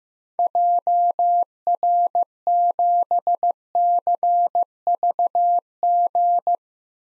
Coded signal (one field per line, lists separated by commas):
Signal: Morse code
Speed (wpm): 16 wpm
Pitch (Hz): 700 Hz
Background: none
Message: JR7CVG